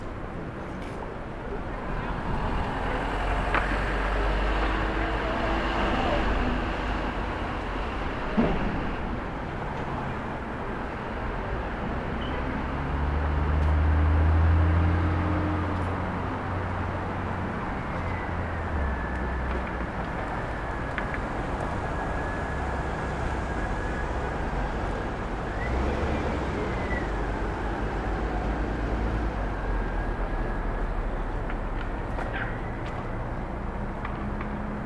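A rooftop recording over a Brooklyn street, filled with a steady, dense wash of low traffic rumble. A vehicle swells louder around fourteen seconds, faint voices and passing tones drift through, and a few brief clicks and knocks punctuate the constant hum.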